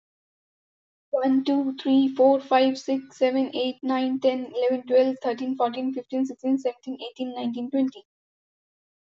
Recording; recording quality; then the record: counting at a fast pace; excellent, no background noise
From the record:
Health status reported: healthy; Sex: female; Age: 21 years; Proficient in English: yes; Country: India